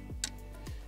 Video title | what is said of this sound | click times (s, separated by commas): Comment Remplace les Bougies de Prechauffages sur Fiat & Alfa Romeo 159 Brera JTDm 🍀 Meca Maniaque | Et ça claque tout doucement, pas comme pour les gros | 0.2 s